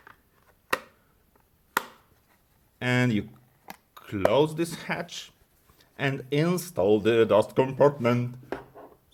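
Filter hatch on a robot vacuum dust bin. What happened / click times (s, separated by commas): A plastic hatch snapped shut / 0.7 s, 1.8 s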